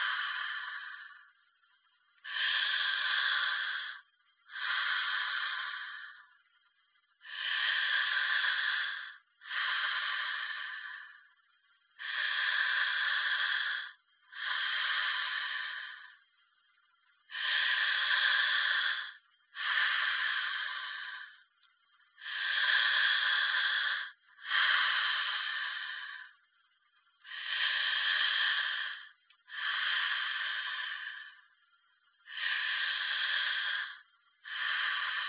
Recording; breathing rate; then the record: paced breathing near a phone; 12 breaths a minute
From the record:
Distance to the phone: 20 cm